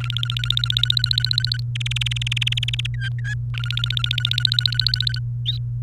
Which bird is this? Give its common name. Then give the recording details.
Domestic Canary. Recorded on 28 April 2018 at 17:25. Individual llb3